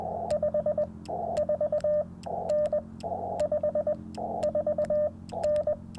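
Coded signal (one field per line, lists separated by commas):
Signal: Morse code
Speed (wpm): 21 wpm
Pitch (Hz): 600 Hz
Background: radio noise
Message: 54N 54N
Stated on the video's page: CW Parks on the Air activation at 50 watts from a Yaesu FT-891, sent with Bamatech paddles into a ground-mounted Yaesu ATAS-120A antenna with eight radials.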